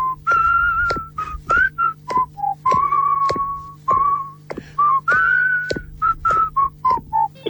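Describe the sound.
A string of short, high whistled notes rising and falling in an uneven tune, some held longer, broken by sharp clicks, with a steady low hum underneath and no talking.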